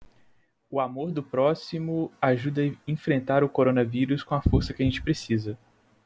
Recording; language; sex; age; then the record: spoken sentence; Brazilian Portuguese; male; 20 to 29 years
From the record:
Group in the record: control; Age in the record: 29 years